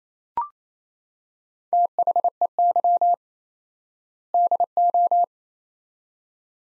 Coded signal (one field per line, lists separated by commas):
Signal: Morse code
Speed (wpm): 28 wpm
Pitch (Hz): 700 Hz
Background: none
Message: THEY DO